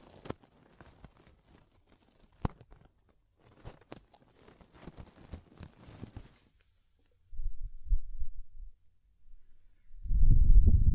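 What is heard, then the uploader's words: Ear cleaning sounds: scattered sharp clicks and soft scratchy rustles for the first six seconds, with a few louder snaps near the start and middle. A brief quiet follows, then low muffled rubbing thumps swell and grow loud toward the end. ASMR DEEP Ear Penetrating Cleaning (No Talking).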